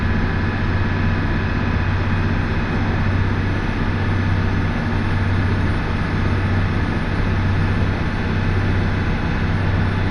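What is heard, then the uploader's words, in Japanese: A ride on the Tarumi Railway from Morera Gifu toward Tarumi: a steady, dense rumble of the train with a strong, unchanging low hum underneath. The loudness holds level for all ten seconds, with a thin hiss on top and no separate events. 樽見鉄道 モレラ岐阜→樽見。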